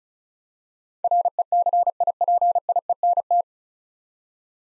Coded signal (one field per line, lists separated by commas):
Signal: Morse code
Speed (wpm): 34 wpm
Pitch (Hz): 700 Hz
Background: none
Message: RECIPIENT